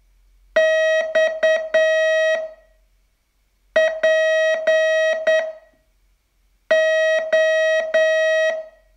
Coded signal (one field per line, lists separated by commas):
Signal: Morse code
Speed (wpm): 9 wpm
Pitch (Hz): 640 Hz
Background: none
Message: XPO